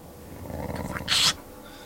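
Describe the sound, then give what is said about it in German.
Fierce dogs growl in low rumbles that run steadily for over a second, then a brief louder hiss or snarl-like burst cuts through before the sound fades back to a low murmur. “Kollegen, mit scharfen Hunden ist nicht zu spaßen.”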